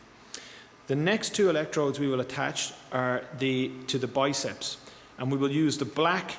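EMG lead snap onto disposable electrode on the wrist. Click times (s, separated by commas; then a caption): 0.3 s. The green earth lead of a 5-lead EMG connector is pressed onto a disposable snap electrode at the participant's wrist, giving one sharp, short click at 0.3 s as the lead seats properly. After that, a man talks.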